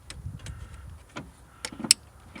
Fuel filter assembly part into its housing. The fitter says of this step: and this one clicks